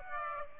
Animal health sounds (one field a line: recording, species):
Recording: mosquito wingbeat signal from an infrared sensor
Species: Aedes aegypti